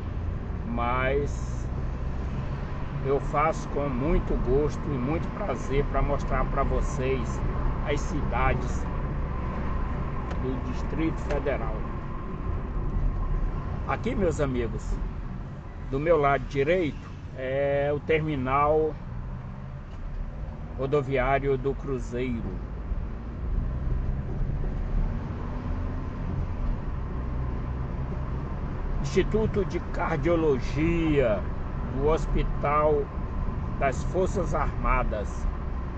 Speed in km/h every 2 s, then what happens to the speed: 40, 45, 50, 50, 50, 35, 34, 20, 16, 15, 15, 23, 33, 39, 41, 40, 40, 37.
0-3 speeds up to 50. 3-8 steady at about 50. 8-17 brakes to 15. 20-26 speeds up to 39. 26-36 steady at about 40.